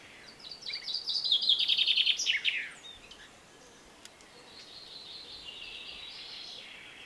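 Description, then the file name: Common chaffinch song: a rapid accelerating trill that ends in a quick downward flourish, followed by a faint, high, drawn-out sound. "Fringilla coelebs"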